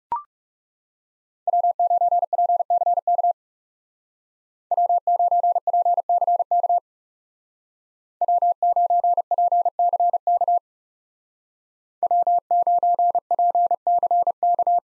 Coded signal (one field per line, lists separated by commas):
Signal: Morse code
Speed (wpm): 36 wpm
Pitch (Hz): 700 Hz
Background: none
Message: W9PCK W9PCK W9PCK W9PCK